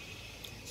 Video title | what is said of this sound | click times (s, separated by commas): PRL Motorsports Stage 1 Intake for Honda Accord 1.5T 2018-2019 | then snaps into place and basically that is it so | 0.5 s